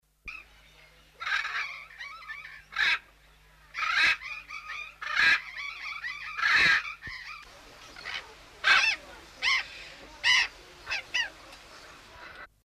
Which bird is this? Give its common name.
Hyacinth Macaw